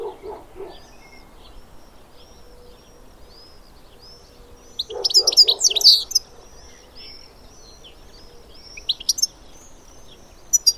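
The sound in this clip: Bird calls: a few lower notes at the start, then a sharp burst of high chirps midway, with thin high whistles and later scattered chirps.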